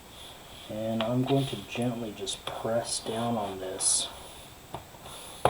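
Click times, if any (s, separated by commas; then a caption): 4.8 s, 5.5 s. A person presses down gently on the bottom cover of an HP EliteBook 740 G5 laptop, during a battery replacement, to snap it back onto the chassis, and someone talks as the cover goes on. Sharp snaps are heard at 4.7 s and 5.5 s as the cover's latches engage and it seats in place.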